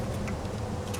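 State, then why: Not seated. A multi-prong electrical connector is handled near the door-lock actuator inside the door of a 1989 Chevy K1500 pickup truck, ready to be pushed in. Only a steady low hum with a few faint ticks is heard. Nothing has seated or clicked yet.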